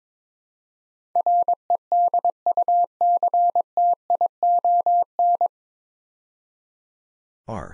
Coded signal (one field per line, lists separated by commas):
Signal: Morse code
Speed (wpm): 22 wpm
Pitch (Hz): 700 Hz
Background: none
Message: REDUCTION